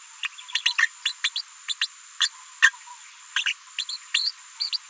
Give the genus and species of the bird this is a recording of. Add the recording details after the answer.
Forpus passerinus. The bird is a female. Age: 36 days. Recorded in a nest box in Venezuela. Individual 17B73B4